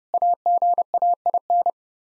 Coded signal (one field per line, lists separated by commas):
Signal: Morse code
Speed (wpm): 30 wpm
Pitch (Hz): 700 Hz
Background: none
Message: AGAIN